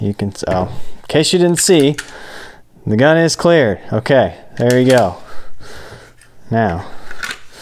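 Someone talks while handling an unloaded pistol being brought to a Vedder V3 Belt and Light Tuck kydex appendix holster, with a few short handling taps near the end. Nothing has seated or clicked yet; the retention has not snapped over the trigger guard.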